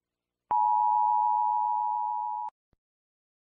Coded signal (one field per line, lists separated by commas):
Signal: Emergency Alert System (SAME) tones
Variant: 853 and 960 Hz attention tone